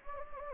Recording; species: mosquito wingbeat signal from an infrared sensor; Anopheles gambiae